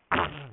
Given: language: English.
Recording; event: throat vibration sensor signal played as sound; throat clearing